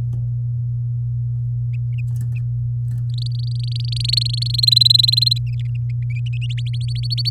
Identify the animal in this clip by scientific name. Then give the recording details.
Serinus canaria. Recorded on 6 May 2018 at 06:36. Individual llb16